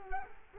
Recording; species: mosquito wingbeat signal from an infrared sensor; Culex quinquefasciatus